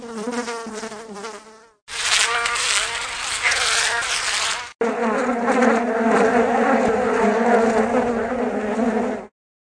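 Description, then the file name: Fly buzzing, a droning hum with strong low harmonics, in three bursts that cut off abruptly. "mouche"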